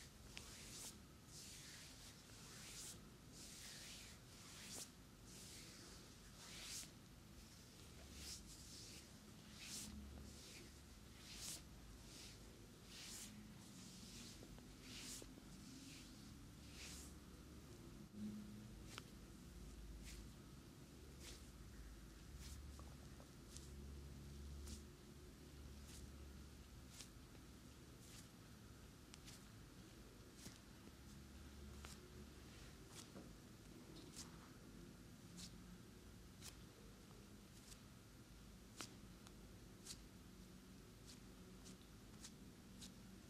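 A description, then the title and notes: A head and neck massage, heard as a run of soft brushing strokes that come in a steady rhythm, closely spaced through the first half and sparser later. A low, continuous hum runs underneath, with a faint murmuring tone drifting in the middle. Amazing ASMR Head and Neck Massage.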